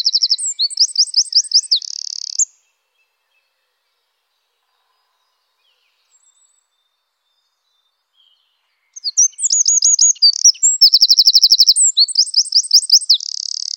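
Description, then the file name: Eurasian wren song in two bursts: a shrill trilled phrase ending in a buzz, a long pause, then another rapid torrent of high notes, trills and a buzzy ending. "troglodyte"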